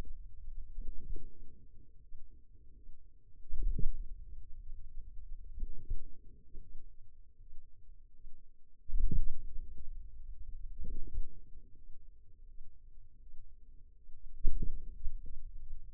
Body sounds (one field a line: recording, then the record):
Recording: forearm muscle sounds (acoustic myography)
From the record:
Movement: wrist flexion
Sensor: system 2, bracelet of six BSWA MPA416 microphones around the upper forearm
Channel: 1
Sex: female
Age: 23 years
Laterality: right